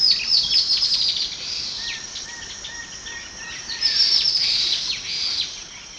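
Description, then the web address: Dot-winged antwren high thin song and calls, repeated short notes with bursts of chatter, over a steady high insect-like hiss; a few lower whistled notes in the middle. Three males giving songs and calls, eastern lowlands of South America. "Natures Songs S America Eastern Lowlands. Microrhopias quixensis, songs and calls 3 males"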